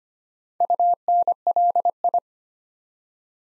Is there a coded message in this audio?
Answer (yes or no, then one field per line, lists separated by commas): yes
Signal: Morse code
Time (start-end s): 0.6-2.2 s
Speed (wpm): 25 wpm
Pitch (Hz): 700 Hz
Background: none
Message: UNLI